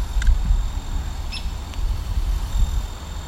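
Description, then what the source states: Hairy woodpecker giving two short, sharp, high call notes about a second apart over a steady low rumble. Call described as very piercing.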